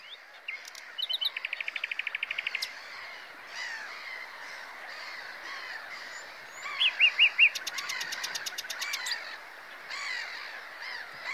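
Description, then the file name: Common nightingale song: a rapid run of repeated pulsed notes, then a pause and loud slurred notes leading into a fast high rattle, over steady background hiss. "Luscinia megarhynchos"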